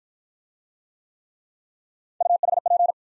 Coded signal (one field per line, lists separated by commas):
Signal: Morse code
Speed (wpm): 47 wpm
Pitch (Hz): 700 Hz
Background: none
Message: UHP